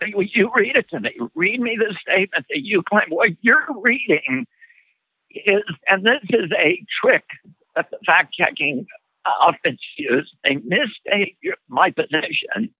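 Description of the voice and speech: An adult man argues in a tight, strained, rough voice with creaky breaks and a raised, effortful pitch, speaking in choppy bursts between pauses. The voice fits spasmodic dysphonia, a condition of the muscles in the throat that leads to a shaking, strained voice.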